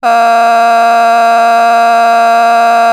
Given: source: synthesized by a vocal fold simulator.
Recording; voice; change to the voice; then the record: sustained vowel; female; vocal strain, level 8 of 10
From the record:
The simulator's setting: 0.78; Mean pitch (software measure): 232 Hz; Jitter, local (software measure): 1.20%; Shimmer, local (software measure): 3.7%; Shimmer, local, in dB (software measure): 0.32 dB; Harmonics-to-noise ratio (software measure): 18.1 dB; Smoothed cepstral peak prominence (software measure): 17.1 dB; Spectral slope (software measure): -17.6 dB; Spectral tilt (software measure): -8.0 dB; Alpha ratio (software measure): -8.1 dB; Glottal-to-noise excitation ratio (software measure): 0.974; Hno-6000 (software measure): 1.8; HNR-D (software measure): 37.2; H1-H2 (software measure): -5.3 dB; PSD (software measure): 5.7e-05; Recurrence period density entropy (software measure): 0.118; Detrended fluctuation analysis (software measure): 0.0103